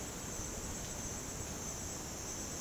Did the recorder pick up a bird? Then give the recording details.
no. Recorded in dense forest near Puerto Asís, Putumayo, Colombia, on 13 March 2025 at 08:30. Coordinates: 0.486, -76.317. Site G053